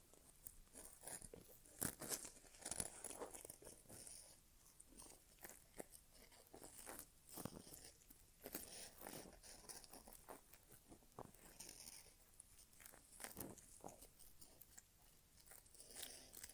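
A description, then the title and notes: Inner ear exam sounds: irregular crinkly scratches and soft taps come and go in quick bursts, with a faint hiss underneath throughout. ASMR Inner Ear Exam (No Talking).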